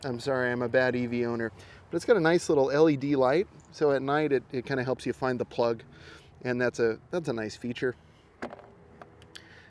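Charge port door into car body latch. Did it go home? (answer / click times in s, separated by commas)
yes / 9.4 s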